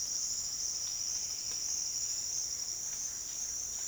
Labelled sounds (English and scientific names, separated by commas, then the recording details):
none
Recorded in secondary vegetation near Puerto Asís, Putumayo, Colombia, on 25 June 2025 at 07:30
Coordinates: 0.485, -76.322
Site GP06